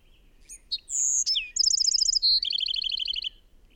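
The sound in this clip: Bird song: quick chirps, a steady high whistle, a fast trill, a short tone, then a lower rapid trill closing the phrase.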